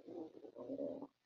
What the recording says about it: I'm laying on my stomach, and when I lay on my stomach, it goes on grumble grumble.